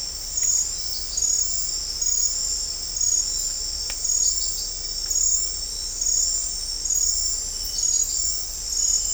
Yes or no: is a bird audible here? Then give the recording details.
no. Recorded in dense forest near Puerto Asís, Putumayo, Colombia, on 18 December 2024 at 22:30. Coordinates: 0.500, -76.322. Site G053